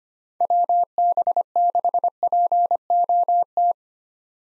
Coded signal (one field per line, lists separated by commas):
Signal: Morse code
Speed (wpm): 25 wpm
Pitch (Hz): 700 Hz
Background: none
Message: WB6POT